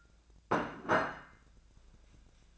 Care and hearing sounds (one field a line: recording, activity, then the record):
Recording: daily activity, microphone in the room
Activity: place plate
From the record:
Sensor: 2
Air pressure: 1000.0 hPa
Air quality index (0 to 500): 133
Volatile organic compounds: 2 ppm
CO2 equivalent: 1136 ppm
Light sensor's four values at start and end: 25/64/27/30 and 24/61/26/28